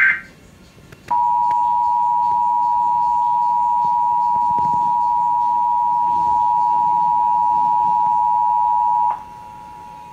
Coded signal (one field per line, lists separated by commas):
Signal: Emergency Alert System (SAME) tones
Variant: 853 and 960 Hz attention tone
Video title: NJTV EAS Tornado Warning For 2 New Jersey Counties 5-28-2019 8:30 PM